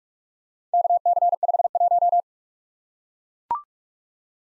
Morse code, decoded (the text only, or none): KC51